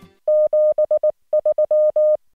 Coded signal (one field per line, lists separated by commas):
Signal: Morse code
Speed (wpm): 19 wpm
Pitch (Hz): 610 Hz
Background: none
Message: 7 3